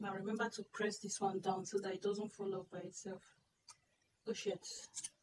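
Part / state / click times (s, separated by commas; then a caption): tripod leg lock part into the leg lock housing / not seated / none. A part of a repaired plastic tripod leg lock is handled and pressed toward its place in the leg lock housing, while someone talks. A brief faint tap comes at about 3.7 s, but nothing has seated or clicked yet.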